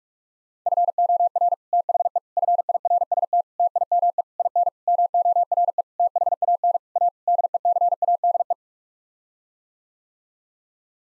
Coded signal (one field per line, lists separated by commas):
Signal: Morse code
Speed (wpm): 41 wpm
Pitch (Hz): 700 Hz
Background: none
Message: FOR THE FIRST TIME IN MORE THAN A DECADE